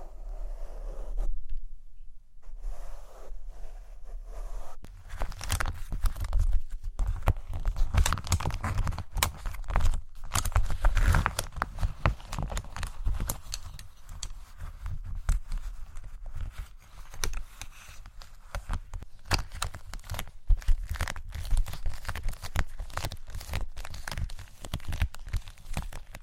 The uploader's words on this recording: ASMR Fall Asleep To Mic Brushing & Tapping (No Talking).